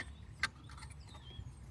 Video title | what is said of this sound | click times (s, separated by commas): VW Golf Mk7 Fog Light Removal & Repair - Fixing Condensation and Reinstalling | You just hear it click when it joins. | 0.4 s